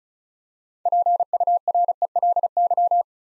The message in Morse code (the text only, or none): PURELY